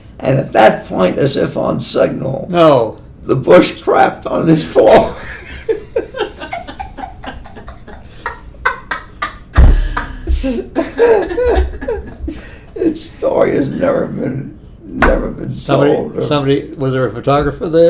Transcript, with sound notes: And at that point, as if on signal—
Oh!
the bull crapped on his floor. [laughter] The story has never been, never been told.
Somebody, somebody—was there a photographer there?